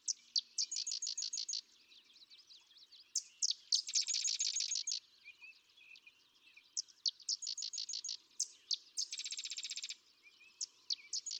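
Sedge wren song with varied phrases: series of high clipped chips, fast staccato rattles and buzzy dry chatters, with short pauses between phrases, over a faint low background hum.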